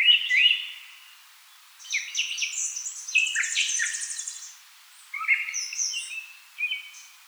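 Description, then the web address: Northern mockingbird singing a varied medley: a brief whistled phrase, then a long run of buzzy, rapid high notes and chirps, followed by several sharper whistled fragments. Recorded 4 February 2007. "Northern Mockingbird 2007 02 04"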